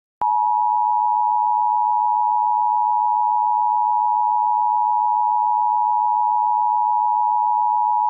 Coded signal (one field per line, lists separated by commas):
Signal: Emergency Alert System (SAME) tones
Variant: 853 and 960 Hz attention tone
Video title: Eas Mock 52: Child Abduction Emergency for Nueces and San Patricio Texas.